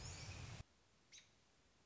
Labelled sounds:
American Robin (Turdus migratorius)
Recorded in Sonoma County, California

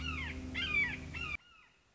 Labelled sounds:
Red-shouldered Hawk (Buteo lineatus)
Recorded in Sonoma County, California

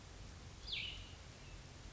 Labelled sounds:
Cassin's Vireo (Vireo cassinii)
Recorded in Sonoma County, California

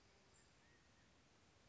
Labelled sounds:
California Quail (Callipepla californica)
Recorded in Sonoma County, California

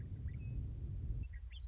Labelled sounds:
Western Meadowlark (Sturnella neglecta)
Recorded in Sonoma County, California

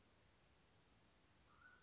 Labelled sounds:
Mountain Quail (Oreortyx pictus)
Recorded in Sonoma County, California

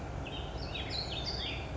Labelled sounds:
Warbling Vireo (Vireo gilvus)
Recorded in Sonoma County, California

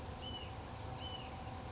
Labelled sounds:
Hutton's Vireo (Vireo huttoni)
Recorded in Sonoma County, California

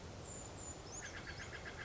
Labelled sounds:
Brown Creeper (Certhia americana)
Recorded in Sonoma County, California

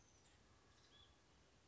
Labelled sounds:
Oak Titmouse (Baeolophus inornatus)
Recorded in Sonoma County, California

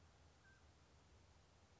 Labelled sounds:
Mountain Quail (Oreortyx pictus)
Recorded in Sonoma County, California

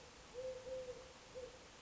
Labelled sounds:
Eurasian Collared Dove (Streptopelia decaocto)
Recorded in Sonoma County, California

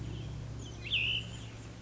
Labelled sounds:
Cassin's Vireo (Vireo cassinii)
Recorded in Sonoma County, California

